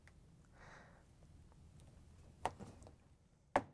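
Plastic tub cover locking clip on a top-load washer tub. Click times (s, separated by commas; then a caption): 2.5 s, 3.6 s. A small flat-head screwdriver releases the plastic locking tab on the tub cover of a Whirlpool, KitchenAid or Maytag top-load washer while the cover is pressed down against its gasket, so the cover can then be lifted and does not snap back down. After quiet faint handling, a sharp plastic click comes at 2.5 s and a louder snap at 3.6 s. The tub cover clip pops open and is released.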